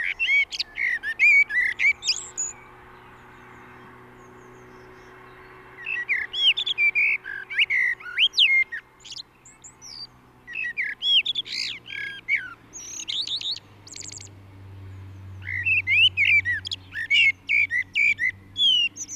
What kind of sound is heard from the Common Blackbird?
song